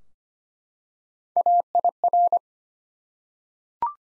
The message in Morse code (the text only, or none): AIR